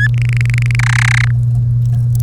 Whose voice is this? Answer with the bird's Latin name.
Serinus canaria